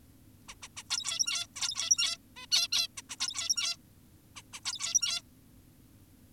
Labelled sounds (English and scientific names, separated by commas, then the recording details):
Zebra Finch (Taeniopygia guttata)
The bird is an adult
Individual g17y2U